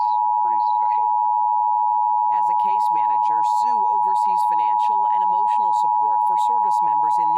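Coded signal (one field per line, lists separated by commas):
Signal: Emergency Alert System (SAME) tones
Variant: 853 and 960 Hz attention tone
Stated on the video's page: Required Monthly Test relayed by a Portland TV station, received off-air with a USB tuner and HD TV antenna.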